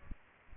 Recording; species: mosquito wingbeat signal from an infrared sensor; Aedes aegypti